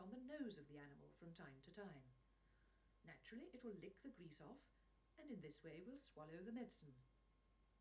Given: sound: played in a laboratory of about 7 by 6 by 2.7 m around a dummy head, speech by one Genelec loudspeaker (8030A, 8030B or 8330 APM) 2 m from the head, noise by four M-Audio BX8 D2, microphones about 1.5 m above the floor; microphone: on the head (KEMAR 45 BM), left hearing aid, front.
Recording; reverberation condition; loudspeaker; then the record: female speech in English; low; in front (0 degrees)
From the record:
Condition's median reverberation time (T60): about 310 ms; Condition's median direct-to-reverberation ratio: about 3.5 dB